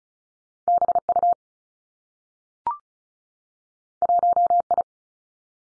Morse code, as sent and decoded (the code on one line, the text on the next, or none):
-... / ..- / .---- / ..
B U 1 I